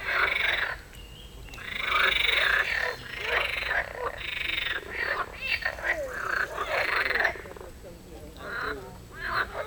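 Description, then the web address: Frog calls, raspy croaks in uneven bursts, almost continuous. "El canto de las ranas"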